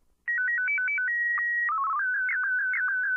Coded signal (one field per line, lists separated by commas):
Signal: SSTV (slow-scan television)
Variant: Martin 1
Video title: SSTV with Standard Multimod VHF Base Station C5400